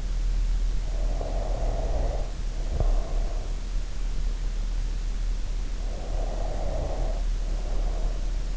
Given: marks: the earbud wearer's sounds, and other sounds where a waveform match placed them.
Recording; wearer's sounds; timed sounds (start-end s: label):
sounds in sleep by an in-ear microphone; breath
0.94-3.83 s: breath
6.08-8.57 s: breath